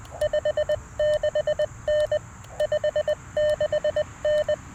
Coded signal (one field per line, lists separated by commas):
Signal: Morse code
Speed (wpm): 20 wpm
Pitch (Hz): 590 Hz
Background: none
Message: 56N 56N